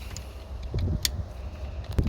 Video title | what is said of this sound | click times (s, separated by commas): How to replace Clock Spring Air Bag Code B1181 on Scion Xb 2005 | Clicks right on. Yep. Hear that? Yep. | 1.1 s